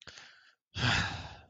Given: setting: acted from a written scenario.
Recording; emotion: vocal sound without words; disappointment